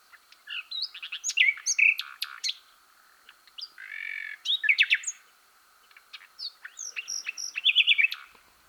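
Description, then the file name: Common nightingale song with bursts of sharp notes, a buzzy phrase and rapid chattering trills in three bouts with short gaps. "Luscinia megarhynchos"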